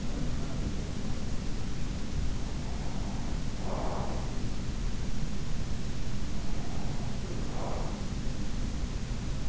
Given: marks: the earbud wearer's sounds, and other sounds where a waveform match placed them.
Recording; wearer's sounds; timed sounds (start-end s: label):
sounds in sleep by an in-ear microphone; breath
0.62-9.49 s: breath